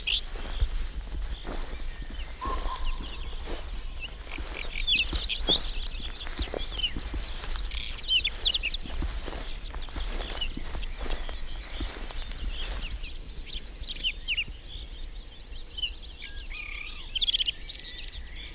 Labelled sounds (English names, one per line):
Whinchat song